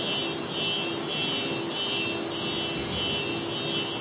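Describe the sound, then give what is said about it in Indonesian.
A parked car's alarm sounds continuously, a steady electronic whine with a thin high-pitched tone over a broad droning hum, holding at an even level for the whole stretch with no voices. “Itu mobil apa yang bunyi?”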